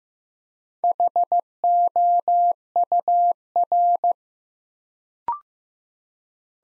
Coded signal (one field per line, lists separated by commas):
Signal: Morse code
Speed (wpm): 15 wpm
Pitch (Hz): 700 Hz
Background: none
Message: HOUR